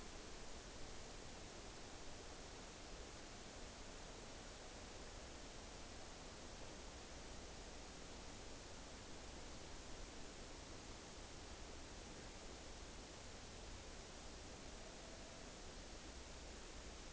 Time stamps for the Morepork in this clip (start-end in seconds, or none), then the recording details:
none. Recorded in New Zealand on 9 October 2013. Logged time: 17:00. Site Ponui